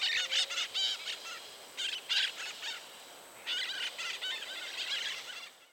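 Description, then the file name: White-eyed parakeet flight calls, scratchy screeched notes in short clustered runs, somewhat softer, trailing off at the end. Calls given by birds in flight. "araleu en vol"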